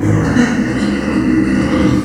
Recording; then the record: squeal of a Yucatan mini pig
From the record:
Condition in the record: after surgery on the right vocal fold (resection and tissue-engineered implant); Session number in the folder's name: 2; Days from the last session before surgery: 18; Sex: female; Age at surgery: 19 weeks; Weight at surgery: 25 kg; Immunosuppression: prednisolone